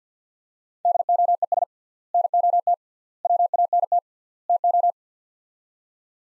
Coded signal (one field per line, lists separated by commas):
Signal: Morse code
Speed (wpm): 50 wpm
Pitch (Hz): 700 Hz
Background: none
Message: DOES NOT WANT TO